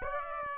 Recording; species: mosquito wingbeat signal from an infrared sensor; Aedes aegypti